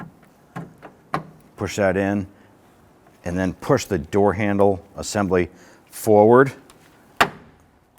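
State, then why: Seated. An interior door handle assembly for a 2005-2021 Nissan Frontier truck has its three tabs set into the holes in the door shell and is pushed forward until it locks, while someone talks. A few small clicks come early, then a loud, sharp snap at 7.2 s as the assembly locks into the door shell and is secured.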